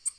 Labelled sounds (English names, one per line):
Tennessee Warbler flight call